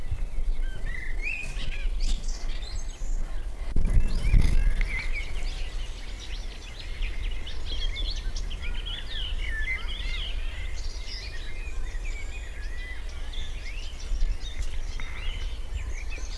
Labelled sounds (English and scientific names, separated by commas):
Common Blackbird (Turdus merula) song